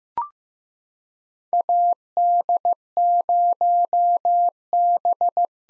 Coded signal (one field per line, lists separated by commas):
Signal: Morse code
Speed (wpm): 15 wpm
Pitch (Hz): 700 Hz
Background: none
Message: AD0B